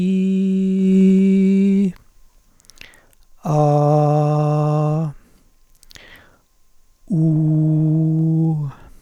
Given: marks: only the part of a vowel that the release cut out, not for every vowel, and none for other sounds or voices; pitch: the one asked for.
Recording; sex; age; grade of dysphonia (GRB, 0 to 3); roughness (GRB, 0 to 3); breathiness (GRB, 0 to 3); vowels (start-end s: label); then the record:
sustained vowels; male; 60 to 69 years; 2; 2; 2
0.00-0.79 s: vowel /i/, normal pitch
4.08-4.96 s: vowel /a/, normal pitch
7.49-8.52 s: vowel /u/, normal pitch
From the record:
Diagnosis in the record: hypotonic dysphonia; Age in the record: 62 years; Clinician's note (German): Phonasthenisch mit verlängerter Schlußphase im hintern Drittel